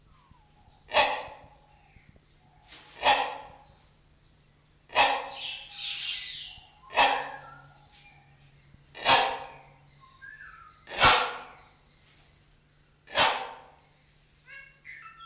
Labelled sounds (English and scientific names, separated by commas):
Great Hornbill (Buceros bicornis) call